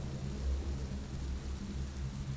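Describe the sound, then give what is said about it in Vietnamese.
Steady heavy rain pours down under a gloomy sky, hissing across the whole stretch, with a low, rolling rumble of thunder swelling and fading underneath. No voices, just a continuous wash of downpour. “Rồi cơn mưa đổ ập xuống như trút nước, cùng tiếng sấm sét đì đùng như báo hiệu một kiếp nạn cho một gia đình đang xảy ra.”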